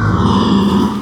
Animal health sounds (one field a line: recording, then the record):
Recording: squeal of a Yucatan mini pig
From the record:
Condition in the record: after surgery on the right vocal fold (resection and tissue-engineered implant)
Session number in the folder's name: 17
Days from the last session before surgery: 195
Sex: female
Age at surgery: 19 weeks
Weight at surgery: 25 kg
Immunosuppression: prednisolone